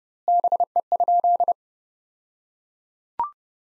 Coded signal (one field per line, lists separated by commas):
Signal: Morse code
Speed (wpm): 32 wpm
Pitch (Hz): 700 Hz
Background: none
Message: BE?